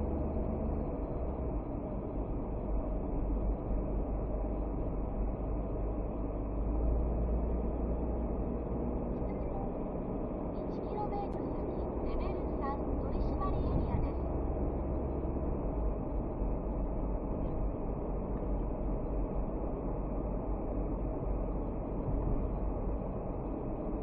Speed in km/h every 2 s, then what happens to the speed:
32, 33, 33, 35, 38, 40, 42, 44, 43, 43, 43, 42.
0-14 speeds up to 44. 14-24 steady at about 43.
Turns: none.